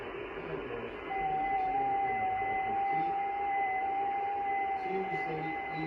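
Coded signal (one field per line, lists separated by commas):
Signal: FT8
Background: speech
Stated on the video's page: FT8 on the 6 meter band before a storm.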